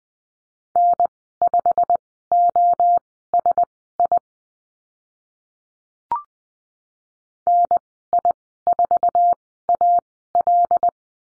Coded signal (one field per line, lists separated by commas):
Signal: Morse code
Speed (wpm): 20 wpm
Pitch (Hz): 700 Hz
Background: none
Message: N5OSI NI4AL